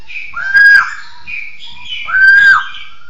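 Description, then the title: Bird song: two loud, clear whistled phrases, each rising, holding steady and then dropping, with quieter notes between them. "SuaraBurung Kicau1"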